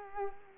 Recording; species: mosquito wingbeat signal from an infrared sensor; Culex quinquefasciatus